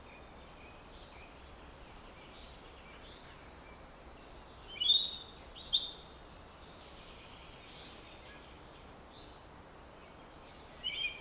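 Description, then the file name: European robin: faint, thin high notes scattered throughout, with a louder cluster midway and another at the end, over steady background hiss. "Erithacus rubecula"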